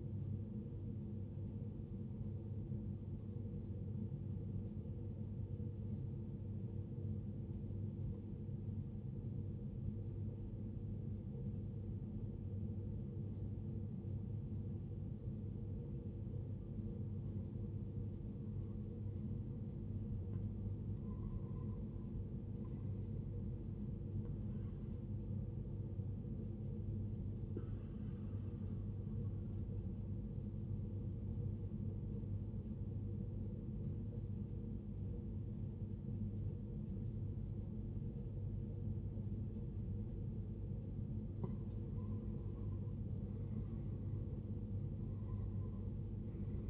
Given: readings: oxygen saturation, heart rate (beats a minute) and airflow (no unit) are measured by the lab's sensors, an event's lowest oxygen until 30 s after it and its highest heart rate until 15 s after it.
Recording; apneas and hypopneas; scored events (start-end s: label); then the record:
breathing in sleep by a smartphone at the bedside; 2
9.00-19.70 s: obstructive apnea (N1, oxygen 96% highest, then 91% lowest, heart rate 67 at the start, 72 highest)
28.00-41.70 s: obstructive apnea (N1, oxygen 94% highest, then 88% lowest, heart rate 65 at the start, 66 highest)
From the record:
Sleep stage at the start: N1 (lightest sleep); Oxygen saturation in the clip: 82 to 96%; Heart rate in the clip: 53 to 72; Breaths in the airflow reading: 5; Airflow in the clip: -12.1 to 12.6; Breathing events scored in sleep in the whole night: 389 in 6.3 hours asleep